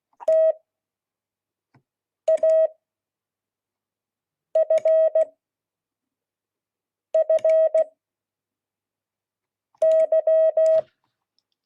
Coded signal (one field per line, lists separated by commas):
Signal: Morse code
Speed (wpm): 16 wpm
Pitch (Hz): 640 Hz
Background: none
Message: TAFFY